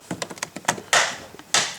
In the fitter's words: Clicking into place.